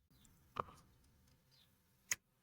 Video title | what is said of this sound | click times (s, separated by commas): Best Accessories for Galaxy Fit 3 | Yep, snapped off pretty easily. | 0.6 s, 2.1 s